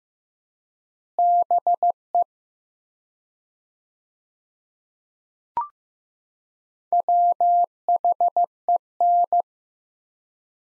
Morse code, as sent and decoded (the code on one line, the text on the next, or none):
-... . / .-- .... . -.
BE WHEN